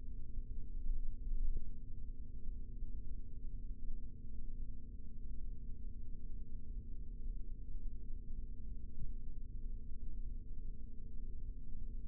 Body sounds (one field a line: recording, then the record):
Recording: forearm muscle sounds (acoustic myography)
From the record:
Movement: rest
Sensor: system 3, bracelet of six PUI Audio POM-2738L microphones around the upper forearm, with dedicated amplification and filtering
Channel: 3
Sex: male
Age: 26 years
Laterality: right